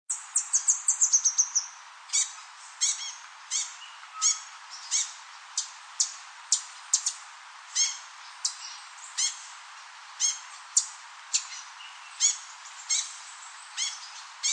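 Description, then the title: Rufous-headed tanager calls: a rapid burst of high notes at first, then steady sharp chips, over faint background hiss. "LuckyPassaro Completos2Sama. Rufous-headed Tanager (Hemithraupis ruficapilla)"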